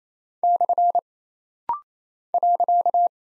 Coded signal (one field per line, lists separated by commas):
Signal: Morse code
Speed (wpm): 27 wpm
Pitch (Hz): 700 Hz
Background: none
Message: / .